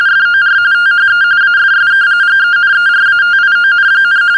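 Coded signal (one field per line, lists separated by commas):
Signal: RTTY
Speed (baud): 45.45 baud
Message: FOR THE AFSK GENERATION,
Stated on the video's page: RTTY and SSTV played through a homemade parrot/echo simplex repeater built from a bare-metal audio capture program.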